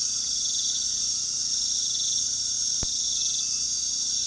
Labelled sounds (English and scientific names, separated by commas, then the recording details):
none
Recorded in pastures near Puerto Asís, Putumayo, Colombia, on 20 February 2024 at 23:30
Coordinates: 0.468, -76.328
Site G6414